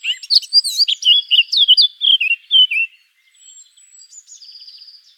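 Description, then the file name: Eurasian blackcap song: a loud, quick warbling phrase with fluted notes that slide downward, trailing into soft high twitters and a thin sustained whistle. "Sylvia atricapilla"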